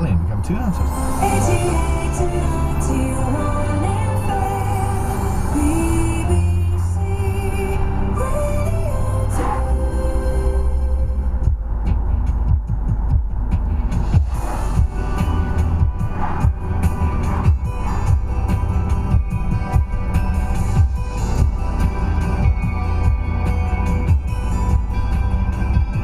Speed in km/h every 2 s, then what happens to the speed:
89, 89, 87, 77, 68, 64, 60, 61, 63, 63, 64, 64, 64.
4-12 slows to 60. 12-26 steady at about 63.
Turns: none.